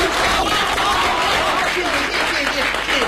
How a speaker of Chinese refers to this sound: 谢谢大家的掌声啊。